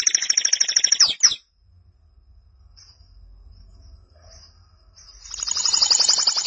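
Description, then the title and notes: Canary song: a fast, high trill of repeated notes for about a second, a long quiet pause with faint low hum, then another bright rapid trill starting up. "BM Suara Kenari. BM Suara Burung Kenari"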